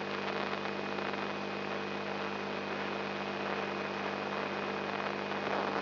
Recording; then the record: brain microelectrode recording played as sound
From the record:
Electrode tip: inside the subthalamic nucleus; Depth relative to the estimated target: -2 mm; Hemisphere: right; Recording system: AlphaMap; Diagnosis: Parkinson's disease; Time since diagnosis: 10 years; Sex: male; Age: 56 years